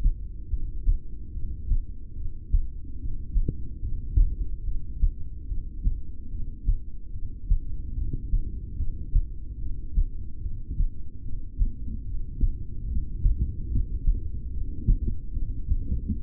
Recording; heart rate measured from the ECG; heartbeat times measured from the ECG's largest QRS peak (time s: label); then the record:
heart sounds by stethoscope; 73 bpm
0.46 s: heartbeat
1.29 s: heartbeat
2.11 s: heartbeat
2.94 s: heartbeat
3.77 s: heartbeat
4.60 s: heartbeat
5.43 s: heartbeat
6.26 s: heartbeat
7.08 s: heartbeat
7.91 s: heartbeat
8.73 s: heartbeat
9.55 s: heartbeat
10.37 s: heartbeat
11.19 s: heartbeat
12.01 s: heartbeat
12.83 s: heartbeat
13.65 s: heartbeat
14.47 s: heartbeat
15.29 s: heartbeat
16.10 s: heartbeat
From the record:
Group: heart failure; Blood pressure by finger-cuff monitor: 102/64 mmHg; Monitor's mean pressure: 80 mmHg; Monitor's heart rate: 73 bpm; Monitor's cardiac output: 6.6 L/min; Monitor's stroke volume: 90 mL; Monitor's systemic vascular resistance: 890 dyn s/cm5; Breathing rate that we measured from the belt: 13 breaths a minute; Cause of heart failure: ischemic heart disease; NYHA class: 2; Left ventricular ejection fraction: 28%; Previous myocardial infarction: present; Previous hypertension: present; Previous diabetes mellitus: present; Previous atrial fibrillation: present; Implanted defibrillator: present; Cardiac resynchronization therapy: present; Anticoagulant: apixaban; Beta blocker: bisoprolol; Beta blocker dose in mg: 10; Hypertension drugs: sacubitril-valsartan, spironolactone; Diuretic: furosemide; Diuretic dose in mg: 20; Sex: male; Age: 62 years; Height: 178 cm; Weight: 88.3 kg